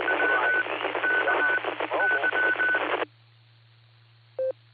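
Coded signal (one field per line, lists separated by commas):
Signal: Morse code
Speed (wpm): 20 wpm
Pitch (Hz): 1500 Hz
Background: radio noise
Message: WKY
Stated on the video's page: 2 m repeater net on 147.39+ (114.8 PL), received on a Flex 6700 with preamp and Mosley 5/8 base antenna.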